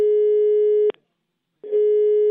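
The ringing tone of an outgoing call to San José, California: a steady, mid-pitched electronic beep sounds twice, each burst under a second long and separated by a brief silence, with no voices.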